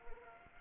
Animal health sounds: mosquito wingbeat signal from an infrared sensor; Anopheles arabiensis

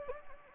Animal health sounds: mosquito wingbeat signal from an infrared sensor; Anopheles gambiae

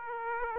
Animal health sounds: mosquito wingbeat signal from an infrared sensor; Aedes aegypti

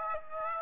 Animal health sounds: mosquito wingbeat signal from an infrared sensor; Aedes aegypti

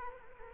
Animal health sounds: mosquito wingbeat signal from an infrared sensor; Culex quinquefasciatus

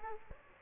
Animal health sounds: mosquito wingbeat signal from an infrared sensor; Aedes aegypti

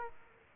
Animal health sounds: mosquito wingbeat signal from an infrared sensor; Aedes aegypti

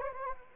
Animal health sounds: mosquito wingbeat signal from an infrared sensor; Anopheles gambiae

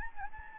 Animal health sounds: mosquito wingbeat signal from an infrared sensor; Anopheles gambiae

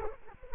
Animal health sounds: mosquito wingbeat signal from an infrared sensor; Culex quinquefasciatus

